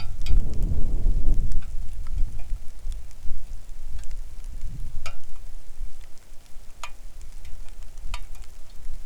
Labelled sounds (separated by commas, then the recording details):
wind, rain
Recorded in the Arctic National Wildlife Refuge, Alaska, on 3 August 2019 at 10:10
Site 41